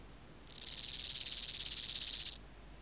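Omocestus antigai grasshopper singing a single loud, dry, pulsed buzz of almost two seconds that swells quickly and cuts off cleanly.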